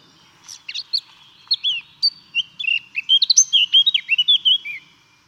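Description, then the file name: Eurasian blackcap song: a quick, scratchy warble of varied twittering notes that grows louder and denser toward the end, lasting about four seconds. "Sylvia atricapilla"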